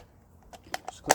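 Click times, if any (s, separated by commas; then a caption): 1.1 s. A new paper oil filter element is pushed onto a plastic oil filter housing cap, giving a few short taps at about 0.7 and 0.9 seconds. The sharpest, loudest click comes at 1.1 seconds as the element seats in place on the cap.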